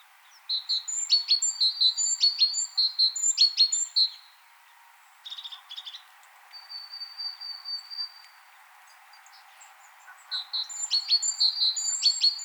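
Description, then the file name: Great tit calling in busy high-pitched runs of ticks and short whistles, with a thin sustained whistle and softer calls between the louder bursts. "Parus major"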